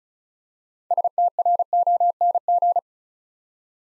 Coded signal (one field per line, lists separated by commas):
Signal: Morse code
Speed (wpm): 36 wpm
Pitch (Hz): 700 Hz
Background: none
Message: STRONG